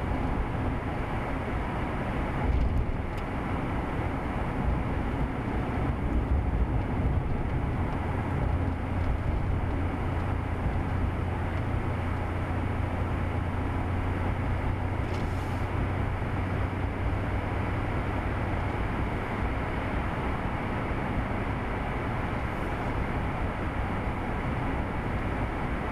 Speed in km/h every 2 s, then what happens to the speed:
68, 66, 66, 63, 63, 64, 66, 69, 71, 71, 71, 71, 69.
0-6 steady at about 66. 6-16 speeds up to 71. 16-26 steady at about 71.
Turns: none.